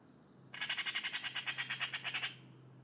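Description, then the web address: Bird calling in a fast run of rasping, squawky notes, evenly spaced and lasting nearly two seconds, with a constant low hum underneath. "cianscape birddata Deverinetal 2025"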